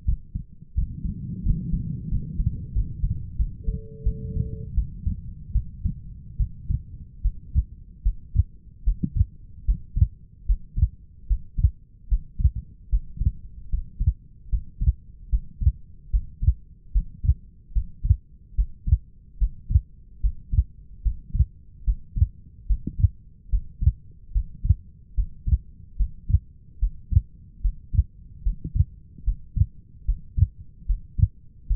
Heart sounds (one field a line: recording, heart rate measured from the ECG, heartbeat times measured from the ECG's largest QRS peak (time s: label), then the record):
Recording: heart sounds by stethoscope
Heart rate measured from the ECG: 76 bpm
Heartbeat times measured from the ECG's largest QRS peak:
0.06 s: heartbeat
0.75 s: heartbeat
1.43 s: heartbeat
2.09 s: heartbeat
2.73 s: heartbeat
3.37 s: heartbeat
4.04 s: heartbeat
4.75 s: heartbeat
5.53 s: heartbeat
6.37 s: heartbeat
7.22 s: heartbeat
8.03 s: heartbeat
8.84 s: heartbeat
9.65 s: heartbeat
10.46 s: heartbeat
11.28 s: heartbeat
12.09 s: heartbeat
12.90 s: heartbeat
13.70 s: heartbeat
14.50 s: heartbeat
15.30 s: heartbeat
16.11 s: heartbeat
16.92 s: heartbeat
17.73 s: heartbeat
18.55 s: heartbeat
19.38 s: heartbeat
20.21 s: heartbeat
21.03 s: heartbeat
21.85 s: heartbeat
22.67 s: heartbeat
23.50 s: heartbeat
24.32 s: heartbeat
25.15 s: heartbeat
25.97 s: heartbeat
26.79 s: heartbeat
27.62 s: heartbeat
28.43 s: heartbeat
29.24 s: heartbeat
30.05 s: heartbeat
30.86 s: heartbeat
31.67 s: heartbeat
From the record:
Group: healthy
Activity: rest 0-6 s, Valsalva maneuver 6-32 s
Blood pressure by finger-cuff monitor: 117/77 mmHg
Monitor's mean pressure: 90 mmHg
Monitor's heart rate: 74 bpm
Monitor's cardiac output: 5.7 L/min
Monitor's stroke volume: 77 mL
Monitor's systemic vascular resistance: 1150 dyn s/cm5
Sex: female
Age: 37 years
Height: 168 cm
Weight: 70 kg